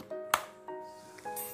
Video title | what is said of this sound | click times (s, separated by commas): Masak menu jadul kaya di hajatan kampung ( terik daging ) - Bikin bolu pakai oven Goto | pakainya alat pengaduk nya tinggal dimasukkan aja ke dalam lubang Sampai bunyi klik seperti itu ya | 0.3 s